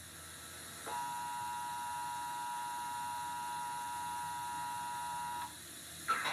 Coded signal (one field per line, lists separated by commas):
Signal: Emergency Alert System (SAME) tones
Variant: 853 and 960 Hz attention tone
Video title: V-Day | An EAS Scenario Volcano Apocalypse Reaction Pt 4